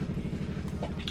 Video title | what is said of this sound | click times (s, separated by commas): Graco Everyway Soother Unboxing and assembly tutorial - Tristian fashion color | bottom of your rocker like this until you hear click click and your | 0.8 s, 1.1 s